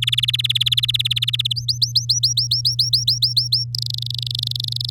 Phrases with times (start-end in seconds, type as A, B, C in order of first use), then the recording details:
0.02-1.53 A, 1.56-3.64 B, 3.74-4.90 C. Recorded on 9 May 2018 at 12:02. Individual llb16